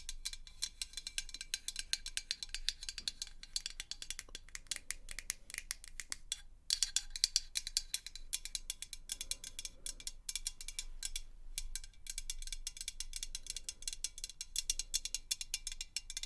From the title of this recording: Tapping